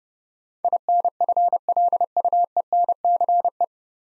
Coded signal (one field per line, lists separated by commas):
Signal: Morse code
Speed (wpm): 30 wpm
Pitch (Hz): 700 Hz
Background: none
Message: INFLUENCE